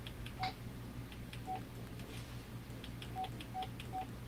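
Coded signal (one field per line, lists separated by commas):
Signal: none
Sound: radio menu key beeps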